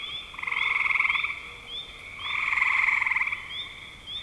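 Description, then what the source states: Frog: two loud bouts of trilling, each about a second, pulsed and buzzy, with brief high chirps around them. Spring 2025.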